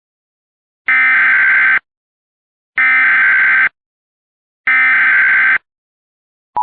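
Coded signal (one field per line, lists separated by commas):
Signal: Emergency Alert System (SAME) tones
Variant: header bursts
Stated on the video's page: Remake using valid EAS tones.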